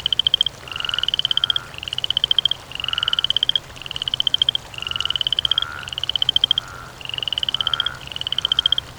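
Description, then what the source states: Frog giving fast rattling croak trains, each slightly rising in pitch, repeated with only short pauses. Croaking by water.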